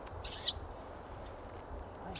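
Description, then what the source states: Ural owl making a brief, harsh, hissing call high in pitch, then a second, fainter one at the very end. Recorded in May 2008.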